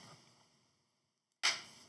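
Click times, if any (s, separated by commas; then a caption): none. A smartphone is being handled and pressed into a thin aramid fiber Pitaka Fusion Weaving MagEZ Case 3. Faint low rustling fades to near silence, then a sudden bright, broadband burst at about 1.4 s decays away, with a small sharp onset near 1.9 s. The corners have not snapped on yet; nothing has seated or clicked.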